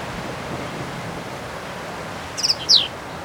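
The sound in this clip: Black-capped vireo song: one brief, sharp burst of squeaky high notes near the end after a stretch of steady hiss.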